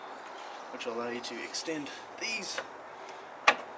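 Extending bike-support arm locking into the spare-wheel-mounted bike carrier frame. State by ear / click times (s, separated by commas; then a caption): seated / 3.5 s. Someone talks while the bike-carrying arms of a Yakima SpareRide spare-wheel bike carrier, mounted on a Suzuki Grand Vitara/Escudo, are slid outward after the release latch is pulled up. At 3.5 s one sharp metallic click is heard as an arm locks into its extended position in the carrier frame, confirming it is seated.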